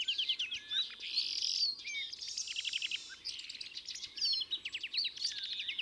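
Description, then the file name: European greenfinch song: continuous run of chattering trills and rolling twitters broken by brief buzzy wheezes, steady throughout. "Chloris chloris"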